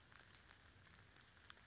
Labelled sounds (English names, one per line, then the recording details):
Oak Titmouse
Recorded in Sonoma County, California